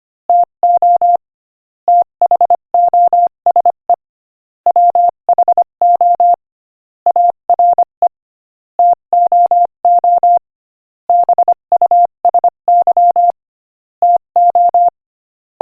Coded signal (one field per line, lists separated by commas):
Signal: Morse code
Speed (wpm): 25 wpm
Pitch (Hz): 700 Hz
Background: none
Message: TO THOSE WHO ARE TOO BUSY TO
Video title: Morse Code Practice: 25 wpm Inspirational Quote 4